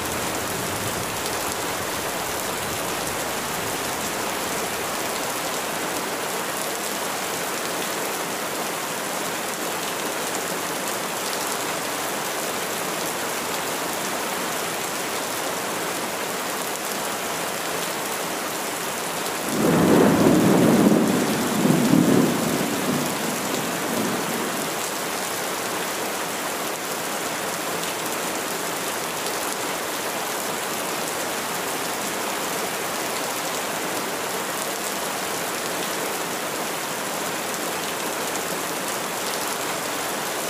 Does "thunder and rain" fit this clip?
yes